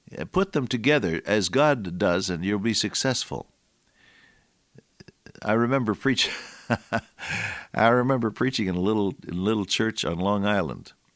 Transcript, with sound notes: Put them together as God does and you’ll be successful. I remember preaching… [laughter] I remember preaching in a little church on Long Island.